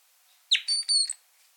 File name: Golosa ptic - Klest-elovik Pozyvki i elementy peniya